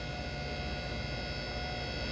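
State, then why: Not seated. A portable car lift frame (Quickjack BL-7000slx) is raised, its safety bar riding up toward the hardened steel lock. Only a steady hum and broadband noise are heard, with no distinct impacts. Nothing has bumped over the lock or clicked yet.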